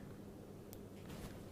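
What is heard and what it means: A necklace clasp is squeezed closed onto its catch and held close to the microphone. Over a low, steady background hum, one faint, very short click sounds at 0.7 s, just about audible, as the clasp clicks shut and seats.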